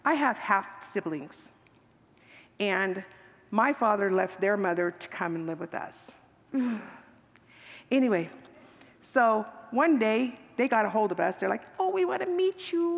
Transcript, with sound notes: I have half siblings. And my father left their mother to come and live with us. [Sigh] Anyway. So, one day, they got ahold of us. They’re like, “Oh, we want to meet you.